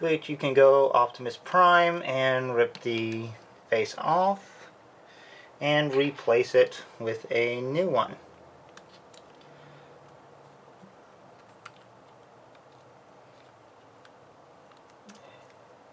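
Someone talks for about eight seconds while swapping the face plate on a small plastic Max Factory Nendoroid Sonic the Hedgehog figure: the old face plate is pulled off and a new plastic face plate is pressed into the head. This is followed by quiet handling with a few faint, sharp ticks. The clip ends before the part goes home, and nothing has seated or clicked yet.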